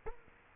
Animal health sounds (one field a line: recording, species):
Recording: mosquito wingbeat signal from an infrared sensor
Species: Culex quinquefasciatus